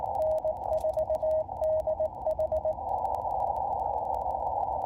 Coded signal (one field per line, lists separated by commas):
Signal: Morse code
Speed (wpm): 19 wpm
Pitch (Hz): 630 Hz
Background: radio noise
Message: N4DH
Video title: Is POTA a "gateway" into contesting? +POTA activation US-4206